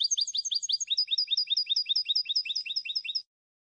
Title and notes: Cd Jilguero. Cd de canto de jilguero limpio para copia